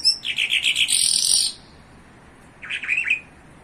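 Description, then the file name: Bimaculated lark song phrase: a fast run of high chirps and a buzzy trill, then after a pause a shorter rattling burst. In Iran. "iranian sound bimaculated lark"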